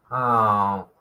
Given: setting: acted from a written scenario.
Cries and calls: vocal sound without words; sympathy

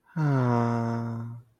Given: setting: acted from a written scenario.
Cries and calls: vocal sound without words; romantic love

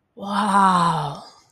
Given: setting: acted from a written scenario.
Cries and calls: vocal sound without words; awe

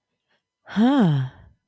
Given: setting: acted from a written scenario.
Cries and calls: vocal sound without words; romantic love

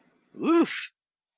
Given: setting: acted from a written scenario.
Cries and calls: vocal sound without words; relief

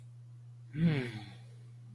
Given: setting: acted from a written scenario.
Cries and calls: vocal sound without words; serenity

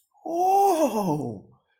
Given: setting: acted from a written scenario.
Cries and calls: vocal sound without words; positive surprise

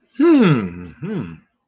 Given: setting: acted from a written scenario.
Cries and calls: vocal sound without words; positive surprise

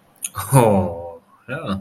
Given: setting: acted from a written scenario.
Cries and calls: vocal sound without words; contentment

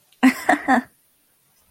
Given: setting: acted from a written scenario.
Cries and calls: vocal sound without words; amusement

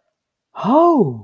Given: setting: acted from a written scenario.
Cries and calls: vocal sound without words; negative surprise

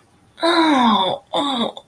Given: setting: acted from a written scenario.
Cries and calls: vocal sound without words; pain

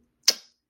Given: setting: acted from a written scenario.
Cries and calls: vocal sound without words; contempt

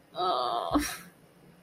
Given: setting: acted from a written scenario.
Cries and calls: vocal sound without words; guilt

